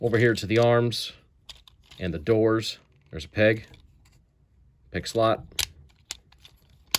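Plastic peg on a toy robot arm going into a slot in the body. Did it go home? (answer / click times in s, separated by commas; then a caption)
yes / 6.9 s. Someone talks while transforming a Transformers Legacy Evolution Deluxe Class Armada Hot Shot toy robot, pushing a plastic peg on the arm/door part into its slot in the body, with a few faint handling clicks along the way. The peg clicks in and seats at 6.9 s with a sharp click.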